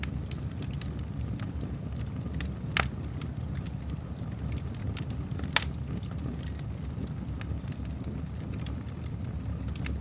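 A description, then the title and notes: An open fireplace burns indoors with a steady, dense low rumble of flame. Small crackles and pops scatter throughout, with two sharper, louder snaps standing out near three and five and a half seconds. Indoor Open Fireplace.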